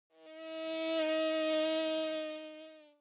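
Mosquito buzz: a steady whining hum that swells in over the first second, holds evenly, then fades out at the end.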